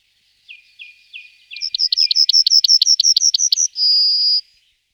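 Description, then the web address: Yellowhammer song: a few soft high notes, then a fast run of about a dozen bright, repeated chirps, ending in one long, drawn-out high note. Recorded in 2004. "gesang. roche 2004 goldammer"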